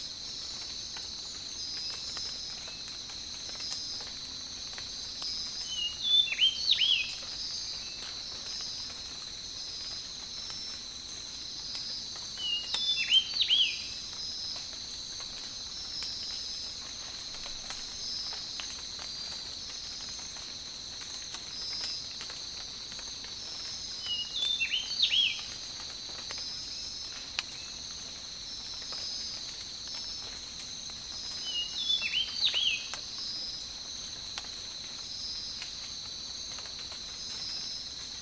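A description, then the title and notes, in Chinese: Tropical rainforest ambience, dominated by a dense, unbroken high-pitched insect chorus with a fast pulsing shimmer throughout. Short bird calls break through about every seven seconds, near the 6, 13, 25 and 32 second marks, over a quiet, steady low background. 大自然的声音-热带雨林。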